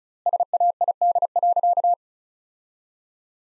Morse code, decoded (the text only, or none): SAID.